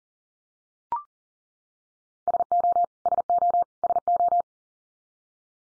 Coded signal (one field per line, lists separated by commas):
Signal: Morse code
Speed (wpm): 40 wpm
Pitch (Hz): 700 Hz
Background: none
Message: SO SO SO